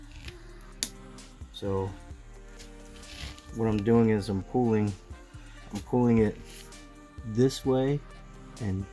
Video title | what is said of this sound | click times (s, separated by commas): Charge Port Repair Galexy Tab | and you should be able to hear it click did you hear that quick | 0.8 s